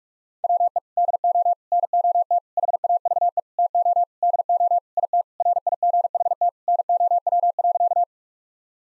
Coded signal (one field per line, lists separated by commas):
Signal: Morse code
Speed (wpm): 46 wpm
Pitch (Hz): 700 Hz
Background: none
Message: WE DO NOT HAVE TO DO IT RIGHT NOW.